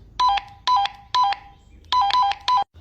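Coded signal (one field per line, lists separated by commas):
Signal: roger beep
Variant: Baofeng radio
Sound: six brief chirpy multi-tone beeps, three then a pause then three more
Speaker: option number 39 the Roger beep what makes it so important well it lets people know when you're done talking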